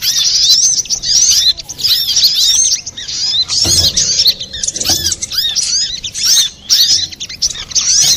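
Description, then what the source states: Little spiderhunter song of fast, high-pitched chirps and squeaky notes in bursts, separated by a few short silences. Master recording used for training cage birds.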